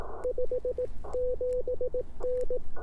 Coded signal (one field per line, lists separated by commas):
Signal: Morse code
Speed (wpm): 18 wpm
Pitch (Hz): 500 Hz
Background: none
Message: 57N